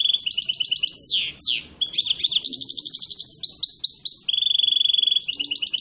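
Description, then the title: Canary singing continuously: fast buzzy trills, sweeping slurred notes, a run of rising chirps, then a long steady whistled tone and another trill. Singing canary; song described as vigorous and persistent with long rolling trills, meant to make other canaries respond at once. "LANGSUNG NYAUT GACOR DOR Kenari Manasaja, Dengan Kicau Kenari GACOR NGOTOT ROLL PANJANG"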